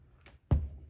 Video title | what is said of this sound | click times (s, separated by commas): How to Make a Magnetic Needle Minder — Fussy-Cut Button Cover Tutorial for Quilters | There, you can hear it snap. | 0.5 s